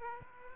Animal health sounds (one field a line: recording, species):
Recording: mosquito wingbeat signal from an infrared sensor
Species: Aedes aegypti